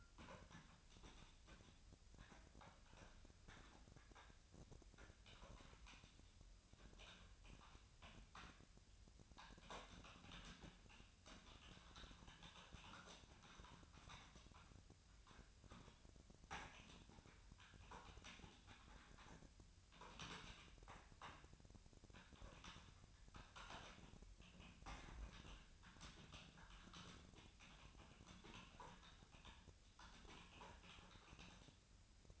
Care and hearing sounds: daily activity, microphone in the room; typing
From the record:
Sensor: 2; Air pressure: 1009.3 hPa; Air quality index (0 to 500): 187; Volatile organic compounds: 11 ppm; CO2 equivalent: 2323 ppm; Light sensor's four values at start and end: 24/59/25/28 and 24/58/25/28

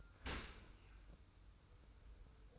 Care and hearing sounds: daily activity, microphone in the room; open dishwasher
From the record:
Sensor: 2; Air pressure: 990.3 hPa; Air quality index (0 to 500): 209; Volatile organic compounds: 1000 ppm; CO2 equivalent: 6718 ppm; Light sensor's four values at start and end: 28/65/27/27 and 28/65/27/27

